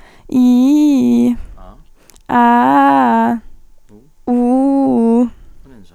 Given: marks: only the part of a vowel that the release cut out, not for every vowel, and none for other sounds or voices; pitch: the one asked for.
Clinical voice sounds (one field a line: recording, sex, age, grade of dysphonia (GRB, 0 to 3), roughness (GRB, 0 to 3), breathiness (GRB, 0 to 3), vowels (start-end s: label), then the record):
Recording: sustained vowels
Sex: female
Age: 18 to 19 years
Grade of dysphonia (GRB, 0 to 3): 0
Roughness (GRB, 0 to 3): 0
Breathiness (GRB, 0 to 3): 0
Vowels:
0.39-1.26 s: vowel /i/, low-high-low pitch
2.40-3.23 s: vowel /a/, low-high-low pitch
4.34-5.20 s: vowel /u/, low-high-low pitch
From the record:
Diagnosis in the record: healthy voice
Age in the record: 19 years